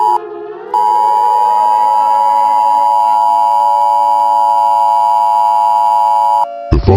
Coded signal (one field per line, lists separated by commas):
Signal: Emergency Alert System (SAME) tones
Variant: 853 and 960 Hz attention tone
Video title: Hurricane Evacuation: An EAS Mock (Reboot)